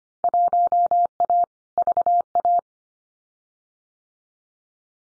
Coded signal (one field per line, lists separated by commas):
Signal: Morse code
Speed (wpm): 25 wpm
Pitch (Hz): 700 Hz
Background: none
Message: 1A VA